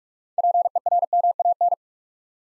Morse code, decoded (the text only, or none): PERMAN